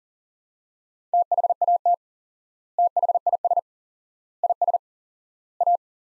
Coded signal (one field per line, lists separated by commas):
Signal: Morse code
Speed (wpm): 40 wpm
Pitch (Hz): 700 Hz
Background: none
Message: THAT THIS IS A